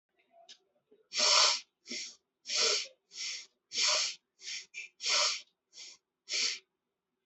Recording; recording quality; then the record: deep breathing; excellent, no background noise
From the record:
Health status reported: COVID-19 positive, mild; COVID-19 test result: positive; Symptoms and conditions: cough, breathing difficulty, sore throat, fever, loss of smell and taste, pneumonia, diabetes, ischaemic heart disease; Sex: male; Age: 62 years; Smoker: not ticked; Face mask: not worn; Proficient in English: yes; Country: India